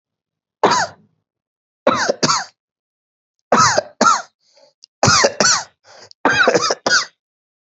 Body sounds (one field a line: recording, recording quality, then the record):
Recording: heavy voluntary cough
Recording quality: excellent, no background noise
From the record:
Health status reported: healthy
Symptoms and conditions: fever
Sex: male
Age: 32 years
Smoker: yes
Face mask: not worn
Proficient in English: yes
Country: India